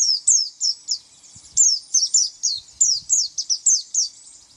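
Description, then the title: White-eye song: a brisk series of high, clipped descending chirps, several per second, with tiny gaps between short groups. "Pleci"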